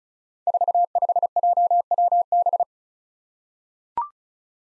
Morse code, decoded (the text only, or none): 45JWB